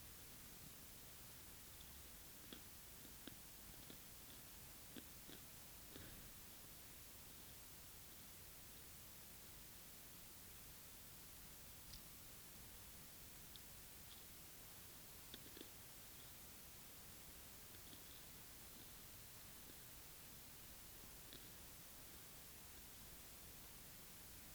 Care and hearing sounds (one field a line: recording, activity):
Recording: daily activity, guitar pickup as the sensor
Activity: eat